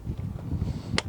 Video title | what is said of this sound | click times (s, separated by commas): Best Infant Car Seats of 2018: Nuna Pipa, Pipa Lite, Doona, UPPAbaby Mesa, Cybex Cloud Q | it clicks right in and then I'm gonna put some weight down on the base and I'm gonna pull so | 1.0 s